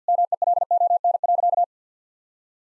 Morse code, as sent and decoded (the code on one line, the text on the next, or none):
-- . .-.. --- -. .-.-.-
MELON.